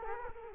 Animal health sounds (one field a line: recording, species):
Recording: mosquito wingbeat signal from an infrared sensor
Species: Culex quinquefasciatus